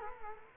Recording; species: mosquito wingbeat signal from an infrared sensor; Culex quinquefasciatus